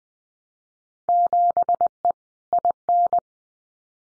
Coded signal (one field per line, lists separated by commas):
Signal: Morse code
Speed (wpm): 20 wpm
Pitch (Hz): 700 Hz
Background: none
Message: 7E IN